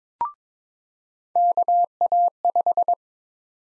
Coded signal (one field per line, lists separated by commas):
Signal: Morse code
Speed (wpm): 22 wpm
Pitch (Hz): 700 Hz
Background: none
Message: KA5